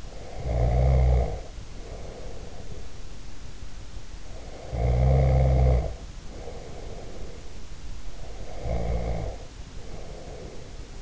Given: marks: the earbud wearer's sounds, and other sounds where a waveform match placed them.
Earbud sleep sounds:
sounds in sleep by an in-ear microphone; snoring breath
0.00-3.11 s: snoring breath
4.20-7.58 s: snoring breath
8.10-11.02 s: snoring breath

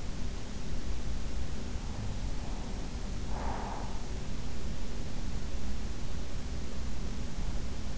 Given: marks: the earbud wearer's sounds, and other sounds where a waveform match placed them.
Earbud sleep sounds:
sounds in sleep by an in-ear microphone; breath
1.84-4.18 s: breath

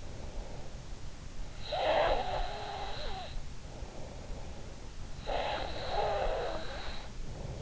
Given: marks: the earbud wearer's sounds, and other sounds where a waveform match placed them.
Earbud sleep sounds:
sounds in sleep by an in-ear microphone; breath
0.90-3.36 s: breath
4.90-7.13 s: breath

